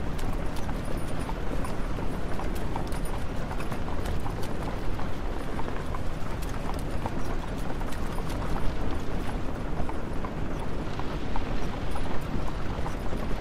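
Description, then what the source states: Horse hooves clopping throughout over a continuous deep rumble. Horse pulling a carriage.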